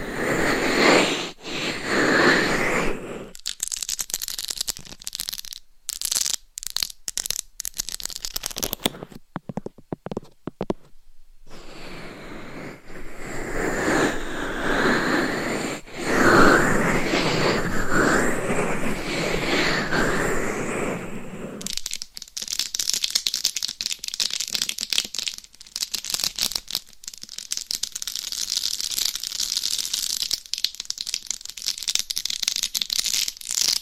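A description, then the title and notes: Scratching, rubbing and tapping on a binaural mic, with dense rustling bursts that come and go. Sharp taps cut through at irregular moments, with a short near-silent gap around ten seconds. After about twenty-two seconds the sound turns thinner and brighter, becoming light crackly scratching. Binaural Mic Scratching , Massage & Tapping. No Talking for Sleep with Long Nails.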